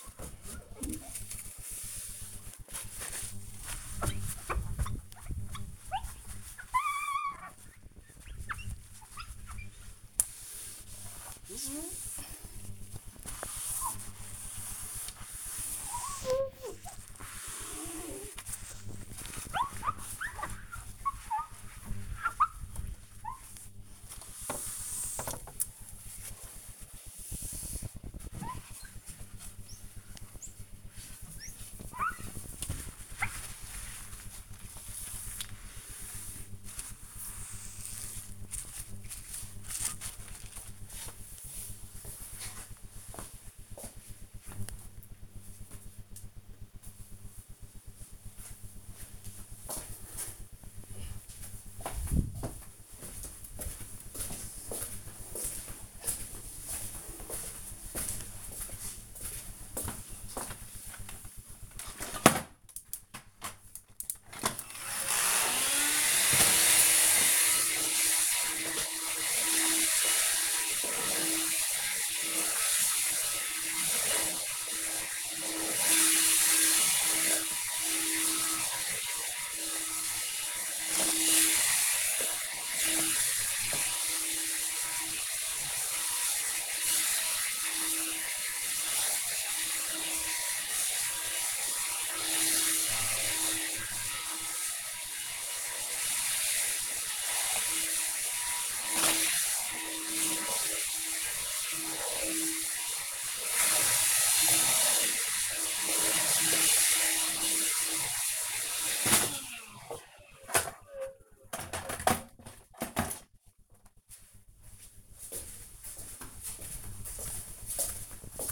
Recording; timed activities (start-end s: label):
household activities, microphone on the right wrist
0.00-37.81 s: window cleaning
61.92-109.22 s: vacuum cleaning